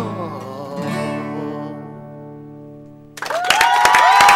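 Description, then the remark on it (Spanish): A sustained, humming musical tone fades out, then applause from a hired, paid audience (a claque) breaks out for the last second or so: sharp, uneven claps over a rising whistle-like tone. “Ahí vino más gente, ahí vino más gente para aplaudir.”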